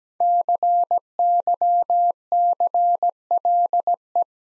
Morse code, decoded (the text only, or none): CYCLE